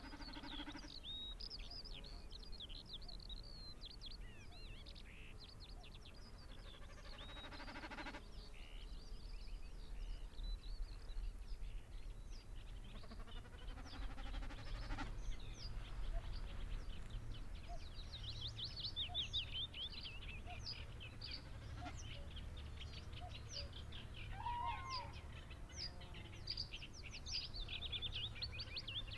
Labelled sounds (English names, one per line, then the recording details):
Common Snipe
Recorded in the wild
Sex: male
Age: adult
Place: Zarnekow, Peenetal, Mecklenburg-Vorpommern, DE
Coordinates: 53.8767, 12.8836
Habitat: greenland
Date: 2010-06-08 16:27
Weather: fair, 20°C, weak easterly winds
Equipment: Sound Devices 702, Sennheiser MKH 70, Rycote Windschutz
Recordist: Frommolt, Karl-Heinz
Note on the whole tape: Polder Zarnekow-Upost: Balz einer Bekassine mit "Meckern". Tickern bei Landung. Entfernung 40 - 100 m